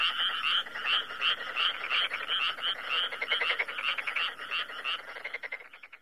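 Frogs calling together, clear chirping notes repeated quickly over rattling croaks, the chorus fading out toward the end.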